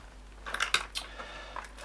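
A small metal quick-release snap clip at the end of a wire pike trace is clipped onto a lure's eye. Several small metallic ticks are heard, with the loudest at 0.7 s as the clip snaps shut and seats on the lure.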